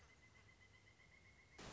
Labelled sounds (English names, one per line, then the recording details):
Pileated Woodpecker
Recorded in Sonoma County, California